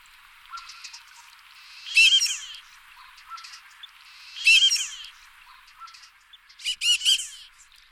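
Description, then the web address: Marbled duck calling in harsh, nasal bursts with squeaky arched notes, three bursts spaced about two and a half seconds apart, soft quieter notes between. "golosa anseriformes a angustirostris"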